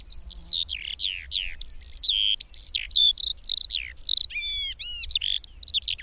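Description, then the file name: Eurasian skylark song, a quick tumbling sequence of high slurred whistles, chirps and a few harsher buzzy notes, delivered without pause. "Mezei pacsirta"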